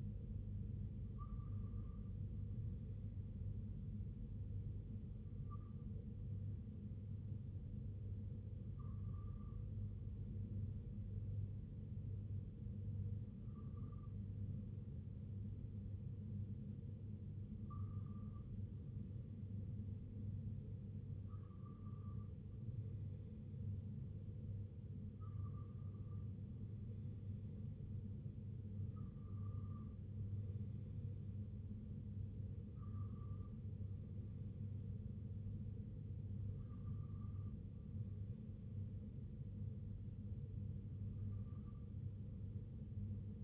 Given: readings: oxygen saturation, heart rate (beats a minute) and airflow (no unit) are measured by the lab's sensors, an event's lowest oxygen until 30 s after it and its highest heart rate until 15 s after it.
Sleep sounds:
breathing in sleep by a smartphone at the bedside; none
none scored
From the record:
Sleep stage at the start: N2 (light sleep); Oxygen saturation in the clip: 94 to 95%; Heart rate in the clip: 64 to 71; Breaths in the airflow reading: 11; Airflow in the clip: -4.1 to 2.9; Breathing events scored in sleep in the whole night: 258 in 7.4 hours asleep

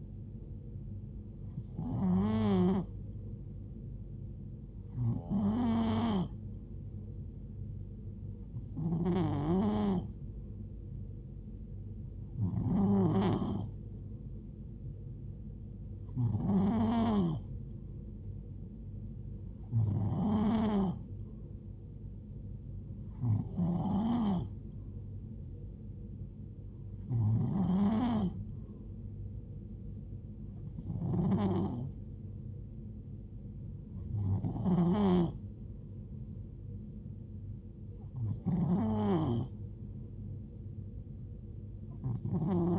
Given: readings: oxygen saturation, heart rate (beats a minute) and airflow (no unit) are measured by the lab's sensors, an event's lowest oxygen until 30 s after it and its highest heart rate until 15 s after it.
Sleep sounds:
breathing in sleep by a smartphone at the bedside; none
none scored
From the record:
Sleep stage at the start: N2 (light sleep); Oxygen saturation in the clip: 90 to 92%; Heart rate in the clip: 63 to 76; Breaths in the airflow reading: 11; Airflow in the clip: -4.5 to 2.9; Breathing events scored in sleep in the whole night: 389 in 6.3 hours asleep

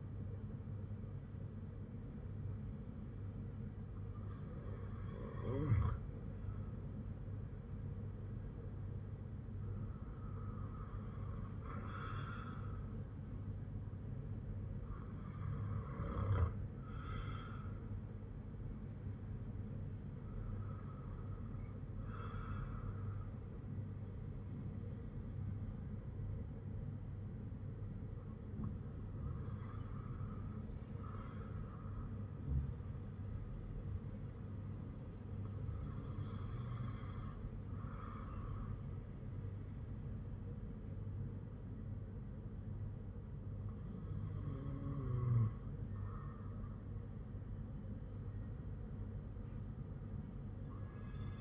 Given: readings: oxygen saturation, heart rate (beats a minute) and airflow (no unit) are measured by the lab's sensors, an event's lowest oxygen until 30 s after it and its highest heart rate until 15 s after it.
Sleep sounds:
breathing in sleep by a smartphone at the bedside; none
none scored
From the record:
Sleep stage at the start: N2 (light sleep); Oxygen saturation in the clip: 95 to 97%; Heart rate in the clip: 52 to 59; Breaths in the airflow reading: 7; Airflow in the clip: -8.7 to 6.1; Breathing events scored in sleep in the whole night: 182 in 7.4 hours asleep

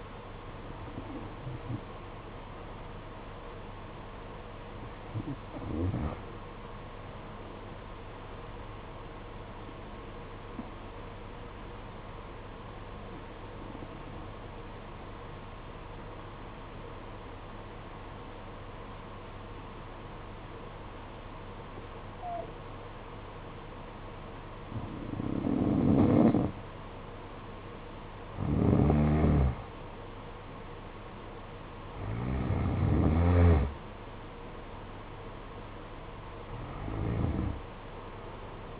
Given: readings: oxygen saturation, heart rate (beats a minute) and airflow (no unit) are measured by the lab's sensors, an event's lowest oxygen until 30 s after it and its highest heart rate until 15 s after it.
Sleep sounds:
breathing in sleep by a voice recorder at the bedside; 1
12.00-27.50 s: obstructive apnea (N1, oxygen 93% highest, then 88% lowest, heart rate 55 at the start, 66 highest)
30.00-38.80 s: new sleep stage, N2 (light sleep)
From the record:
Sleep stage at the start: N1 (lightest sleep); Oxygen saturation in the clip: 89 to 93%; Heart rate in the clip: 54 to 66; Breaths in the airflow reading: 6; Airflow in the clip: -9.6 to 13.2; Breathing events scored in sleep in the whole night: 476 in 9.7 hours asleep

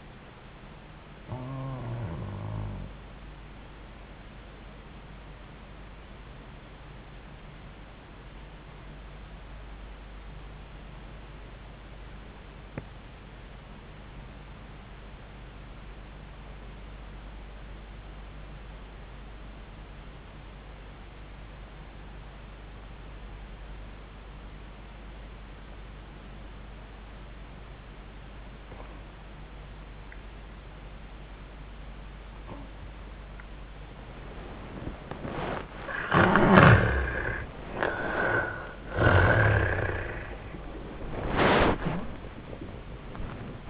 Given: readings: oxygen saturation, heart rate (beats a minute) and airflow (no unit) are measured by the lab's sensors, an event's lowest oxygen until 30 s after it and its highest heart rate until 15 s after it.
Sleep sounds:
breathing in sleep by a voice recorder at the bedside; 1
5.00-33.70 s: obstructive apnea (N1, oxygen 97% highest, then 74% lowest, heart rate 82 at the start, 94 highest)
24.00-43.70 s: new sleep stage, N2 (light sleep)
From the record:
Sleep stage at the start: N1 (lightest sleep); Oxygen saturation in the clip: 74 to 97%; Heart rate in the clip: 73 to 94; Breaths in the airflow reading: 4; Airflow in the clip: -12.2 to 11.5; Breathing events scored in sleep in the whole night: 400 in 8.7 hours asleep

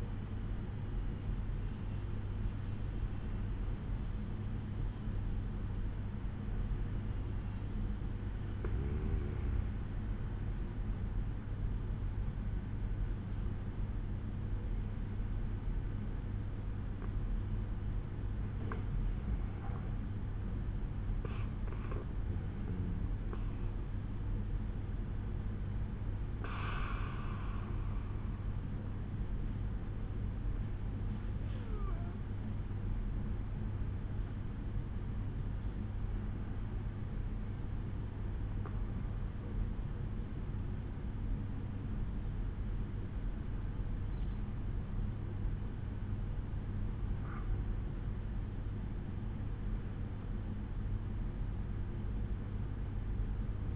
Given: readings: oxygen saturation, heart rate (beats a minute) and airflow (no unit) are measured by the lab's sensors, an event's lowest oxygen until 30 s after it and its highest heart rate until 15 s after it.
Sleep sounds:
breathing in sleep by a smartphone at the bedside; 1
25.00-48.30 s: hypopnea (N2, oxygen 95% highest, then 94% lowest, heart rate 66 at the start, 69 highest)
33.00-53.76 s: new sleep stage, N1 (lightest sleep)
From the record:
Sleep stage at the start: N2 (light sleep); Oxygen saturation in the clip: 94 to 95%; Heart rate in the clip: 61 to 70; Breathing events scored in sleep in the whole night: 187 in 7.2 hours asleep

